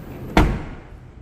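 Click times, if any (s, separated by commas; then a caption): 0.4 s. The rear tailgate of a BYD Dolphin is pulled down by its handle and shut into its body latch. A single sharp slam at 0.4 s rings briefly as the latch catches, and the tailgate is latched closed.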